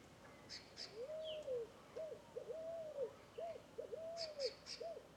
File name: Varios Passaros Fogo Apagou Juntos em Bambuzau